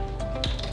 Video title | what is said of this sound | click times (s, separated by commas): DO 1015 SLIMBACK | Just snap that in. | 0.4 s